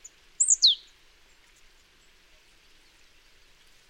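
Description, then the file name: Marsh tit call: two high, clipped notes in fast succession, each dropping sharply in pitch, with a soft hiss behind and a brief high note at the very start and end. "Poecile palustris"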